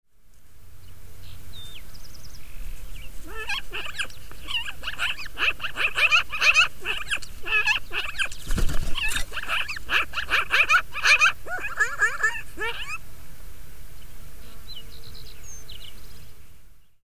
A magpie investigates a bison carcass. Magpies are intelligent, vocal birds that will gather to scavenge animal remains.